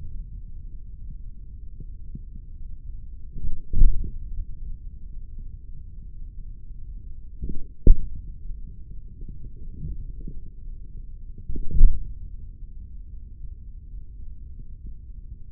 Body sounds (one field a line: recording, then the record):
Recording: forearm muscle sounds (acoustic myography)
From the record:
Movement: hand closing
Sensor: system 3, bracelet of six PUI Audio POM-2738L microphones around the upper forearm, with dedicated amplification and filtering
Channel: 5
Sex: male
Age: 56 years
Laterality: right